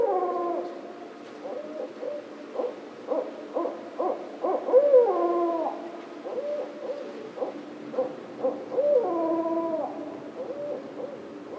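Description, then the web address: Barred owl hooting, a series of deep hoots with several drawn-out, sliding notes that fall in pitch, steady throughout. Recorded 16 March 2010. "Barred Owl 2010 03 16 Barred Owl"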